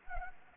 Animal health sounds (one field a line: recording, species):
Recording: mosquito wingbeat signal from an infrared sensor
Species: Anopheles gambiae